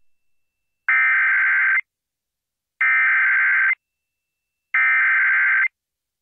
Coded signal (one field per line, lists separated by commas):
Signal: Emergency Alert System (SAME) tones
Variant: header bursts